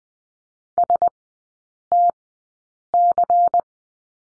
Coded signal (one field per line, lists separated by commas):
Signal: Morse code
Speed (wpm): 20 wpm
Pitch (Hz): 700 Hz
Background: none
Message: STC